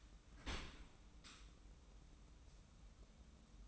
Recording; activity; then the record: daily activity, microphone in the room; open dishwasher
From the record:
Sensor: 1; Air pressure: 994.4 hPa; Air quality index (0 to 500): 219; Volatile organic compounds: 1000 ppm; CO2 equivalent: 7862 ppm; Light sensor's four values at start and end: 156/359/161/179 and 157/360/161/180